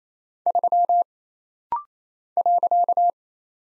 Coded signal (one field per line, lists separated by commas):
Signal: Morse code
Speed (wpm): 27 wpm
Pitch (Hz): 700 Hz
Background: none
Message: 3 .